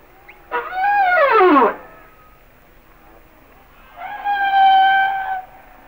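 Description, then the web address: Humpback whale song: a loud harmonic cry dropping steeply in pitch, a pause, then a long even tonal wail. "Natures Songs Whale Songs Sounds of Nature - Humpback Whales"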